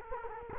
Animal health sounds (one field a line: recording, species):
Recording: mosquito wingbeat signal from an infrared sensor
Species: Culex quinquefasciatus